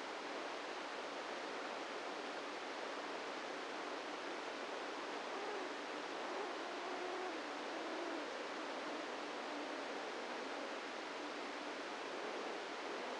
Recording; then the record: brain microelectrode recording played as sound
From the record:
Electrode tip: inside the subthalamic nucleus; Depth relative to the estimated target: -1 mm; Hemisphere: right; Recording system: NeuroSet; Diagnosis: Parkinson's disease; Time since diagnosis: 17 years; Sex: male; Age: 64 years